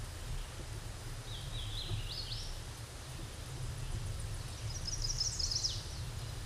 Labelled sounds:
Hooded Warbler song

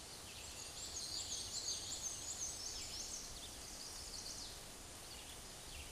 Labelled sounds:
Black-and-white Warbler song

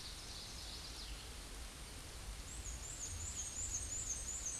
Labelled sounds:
Black-and-white Warbler song

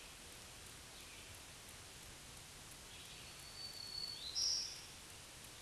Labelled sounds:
Black-throated Green Warbler song

